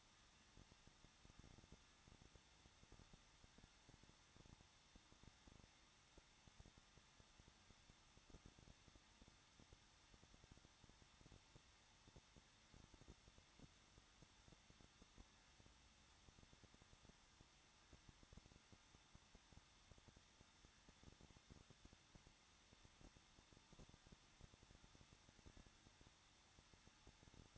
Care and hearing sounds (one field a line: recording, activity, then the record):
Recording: daily activity, microphone in the room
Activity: no activity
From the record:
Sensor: 3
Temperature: 21.2 degrees Celsius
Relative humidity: 36.4%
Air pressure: 1006.4 hPa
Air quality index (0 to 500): 222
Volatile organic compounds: 43 ppm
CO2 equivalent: 3189 ppm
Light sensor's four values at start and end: 2/3/2/2 and 2/3/2/2